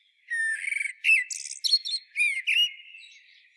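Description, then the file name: Eurasian blackbird song: one full phrase of rich, fluty whistles with a buzzy, high twittering middle part and a trailing whistled end. "Turdus merula"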